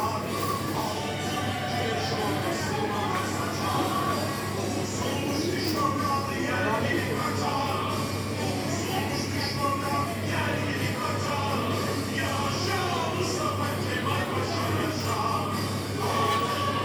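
A chocolate waterfall runs as a steady, dense rush with a constant low hum underneath, the level barely changing across the whole stretch. Faint music threads through the background, with short brighter tones and scattered voices surfacing every few seconds.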